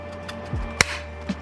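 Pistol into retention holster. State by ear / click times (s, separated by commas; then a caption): seated / 0.8 s. After the tension screw is tightened, a Canik Rival pistol is pushed down into a polymer retention holster and locks with a sharp, bright click at 0.8 s, confirming it is seated. Faint ticks come before and after, at about 0.3 s and 1.3 s, over a steady low hum.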